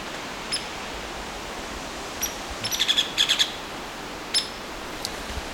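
Hairy Woodpecker calling, single crisp peek notes at irregular intervals and a quick run of sharp notes in the middle, against soft background hiss.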